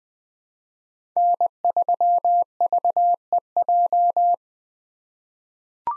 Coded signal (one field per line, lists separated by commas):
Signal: Morse code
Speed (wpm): 20 wpm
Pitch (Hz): 700 Hz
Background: none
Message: N3VEJ